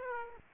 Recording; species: mosquito wingbeat signal from an infrared sensor; Aedes aegypti